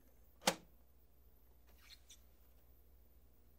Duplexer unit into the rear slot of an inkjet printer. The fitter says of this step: Holding the duplexer in one hand, slide it directly into the back until you hear it snap into place.